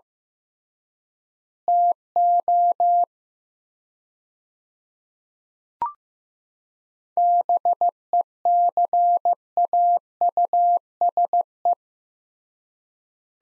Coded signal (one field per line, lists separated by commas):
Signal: Morse code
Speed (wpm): 15 wpm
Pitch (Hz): 700 Hz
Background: none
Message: TO BECAUSE